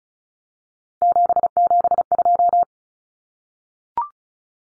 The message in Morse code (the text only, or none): 772